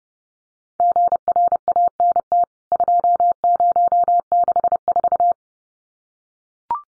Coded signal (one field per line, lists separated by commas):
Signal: Morse code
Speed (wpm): 30 wpm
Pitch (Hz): 700 Hz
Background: none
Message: GRANT 2064